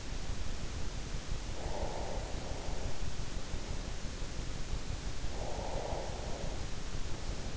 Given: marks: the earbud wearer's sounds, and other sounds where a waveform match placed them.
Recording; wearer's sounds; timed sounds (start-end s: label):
sounds in sleep by an in-ear microphone; breath
1.35-2.87 s: breath
5.13-6.75 s: breath